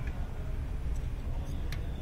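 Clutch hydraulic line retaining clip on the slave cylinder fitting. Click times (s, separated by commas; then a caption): 1.7 s. On a 2010 VW GTI with a 6-speed manual, the retaining clip on the clutch hydraulic line fitting at the slave cylinder is lifted until it clicks into its raised position. A sharp click is heard at 1.7 s over a steady low rumble, with a fainter tick near 0.1 s. The clip is released, freeing the line to be pulled off the slave cylinder.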